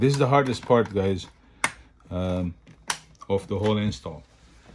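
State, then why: Not seated. An aftermarket T9 head unit and its trim are handled at the dash mounting tray of a 5th-gen 4Runner while someone talks. A few short, sharp handling knocks stand out between the speech, but nothing has seated or clicked into the tray yet.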